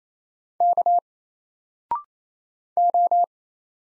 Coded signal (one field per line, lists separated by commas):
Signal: Morse code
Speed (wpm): 28 wpm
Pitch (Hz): 700 Hz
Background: none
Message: K O